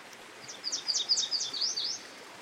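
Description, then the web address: Yellow Warbler gives a fast string of clear, high sweet phrases lasting about one and a half seconds. Recorded beside a stream. "Dan Gibson Songbirds By The Stream 07 Yellow Warbler"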